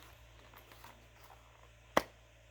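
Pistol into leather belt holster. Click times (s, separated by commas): 2.0 s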